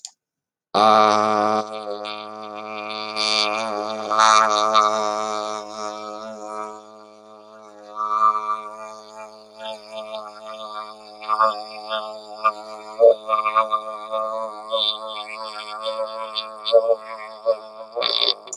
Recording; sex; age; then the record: vowel held as long as possible; male; 30 to 39 years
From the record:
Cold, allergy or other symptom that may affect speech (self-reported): no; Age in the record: 36 years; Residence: Missouri, United States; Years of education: 14